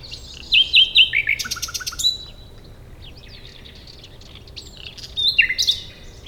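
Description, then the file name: Common nightingale song: a run of sharp repeated chirps, then harsh buzzy bursts and falling notes, a pause, and another burst of whistled, chattering phrases. "Luscinia megarhynchos"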